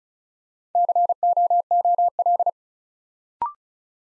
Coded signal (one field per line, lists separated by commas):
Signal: Morse code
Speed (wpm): 36 wpm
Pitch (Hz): 700 Hz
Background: none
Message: COOL